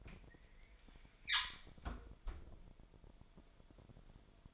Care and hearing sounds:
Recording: daily activity, microphone in the room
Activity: close fridge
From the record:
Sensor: 5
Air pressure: 1002.1 hPa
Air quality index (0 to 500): 225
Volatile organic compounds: 29 ppm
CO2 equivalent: 2927 ppm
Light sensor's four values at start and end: 10/23/10/11 and 9/21/9/10

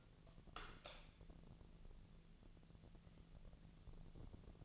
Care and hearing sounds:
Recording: daily activity, microphone in the room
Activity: light on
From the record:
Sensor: 4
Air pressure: 1000.8 hPa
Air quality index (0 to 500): 125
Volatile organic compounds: 1 ppm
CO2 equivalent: 936 ppm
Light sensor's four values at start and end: 30/72/30/32 and 32/82/33/36

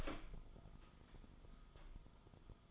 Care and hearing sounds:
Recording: daily activity, microphone in the room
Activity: open door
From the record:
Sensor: 5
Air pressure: 1005.0 hPa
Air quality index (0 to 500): 104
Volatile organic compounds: 2 ppm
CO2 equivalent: 1273 ppm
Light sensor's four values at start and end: 35/82/33/32 and 35/81/33/32

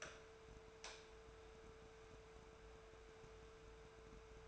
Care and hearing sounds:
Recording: daily activity, microphone in the room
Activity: light on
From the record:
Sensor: 2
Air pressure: 1014.4 hPa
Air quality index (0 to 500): 174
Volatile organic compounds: 11 ppm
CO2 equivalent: 2296 ppm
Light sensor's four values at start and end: 20/49/21/23 and 32/84/35/39

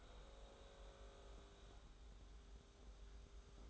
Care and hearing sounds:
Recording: daily activity, microphone in the room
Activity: make coffee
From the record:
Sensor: 3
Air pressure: 991.7 hPa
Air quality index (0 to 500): 181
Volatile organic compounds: 1000 ppm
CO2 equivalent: 6039 ppm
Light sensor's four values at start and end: 41/117/47/42 and 41/117/47/42

